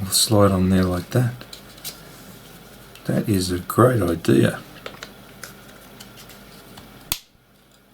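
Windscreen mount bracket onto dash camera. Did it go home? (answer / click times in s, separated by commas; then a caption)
yes / 7.1 s. A windscreen mount bracket is slid onto the plastic body of a Vantrue Nexus 2X (N2X) dash camera and pushed until it locks, while someone talks. After a few light knocks and taps, a single sharp click sounds at 7.1 s as the mount locks into place, followed by near silence. After a brief doubt, it is confirmed locked and seated.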